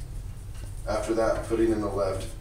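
The left end of a ribbon roll spool for a Datacard SD360 ID card printer is being brought to the left side of the plastic ribbon cartridge, after the right end has already been clicked in. Over a low steady hum, someone talks. Nothing has seated or clicked yet.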